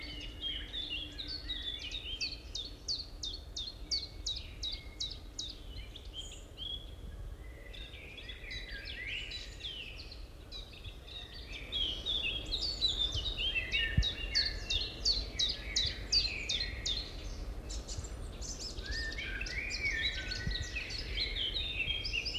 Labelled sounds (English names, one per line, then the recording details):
Eurasian Blackcap song
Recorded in the wild
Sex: male
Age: adult
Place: Summt, am Buchenberg, Brandenburg, DE
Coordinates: 52.695, 13.3594
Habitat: pine forest
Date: 1975-05-10 12:17
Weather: partly cloudy, 20°C
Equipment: Uher CR 210, Sennheiser MD 421, Verstärker, Kopie Uher 4200
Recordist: Tembrock, Günter